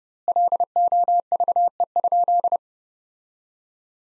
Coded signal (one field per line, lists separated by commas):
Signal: Morse code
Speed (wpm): 30 wpm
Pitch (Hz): 700 Hz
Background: none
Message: LOVE?